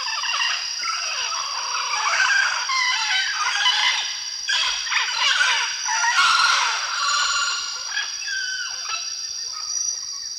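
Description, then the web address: Mealy amazon calls: dense, rough, chattering squawks, loudest around the middle, over a constant shrill insect hum. From the eastern lowlands of South America. "Natures Songs S America Eastern Lowlands Mealy Amazon"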